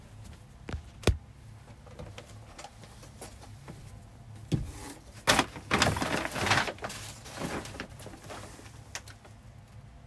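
Cleaning and tidying, with trash being gathered into one spot. Sharp knocks and taps land irregularly, loudest near 1 and 4.5 seconds, and a denser rustling, scraping stretch runs from about 5 to 7 seconds. A low steady hum sits underneath throughout.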